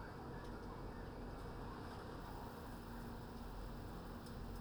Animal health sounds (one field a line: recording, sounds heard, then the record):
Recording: poultry house recording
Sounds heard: no chicken sound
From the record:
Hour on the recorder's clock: 21